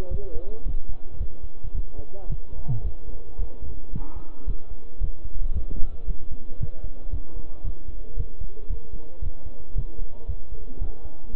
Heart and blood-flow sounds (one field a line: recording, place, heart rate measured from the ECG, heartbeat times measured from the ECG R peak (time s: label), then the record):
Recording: heart sounds by stethoscope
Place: between the tricuspid and mitral areas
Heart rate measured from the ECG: 112 bpm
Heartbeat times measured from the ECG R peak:
0.11 s: heartbeat
0.66 s: heartbeat
1.20 s: heartbeat
1.75 s: heartbeat
2.30 s: heartbeat
2.85 s: heartbeat
3.39 s: heartbeat
3.93 s: heartbeat
4.48 s: heartbeat
5.01 s: heartbeat
5.55 s: heartbeat
6.08 s: heartbeat
6.61 s: heartbeat
7.13 s: heartbeat
7.65 s: heartbeat
8.17 s: heartbeat
8.70 s: heartbeat
9.22 s: heartbeat
9.76 s: heartbeat
10.29 s: heartbeat
10.82 s: heartbeat
11.35 s: heartbeat
From the record:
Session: bicycle stress test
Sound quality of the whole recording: good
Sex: male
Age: 23 years